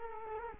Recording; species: mosquito wingbeat signal from an infrared sensor; Culex quinquefasciatus